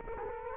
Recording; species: mosquito wingbeat signal from an infrared sensor; Culex quinquefasciatus